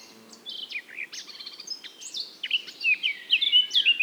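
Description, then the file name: Eurasian blackcap song, a varied mix of scratchy and whistled notes that grows into a louder, clear fluting warble toward the finish. "Sylvia atricapilla"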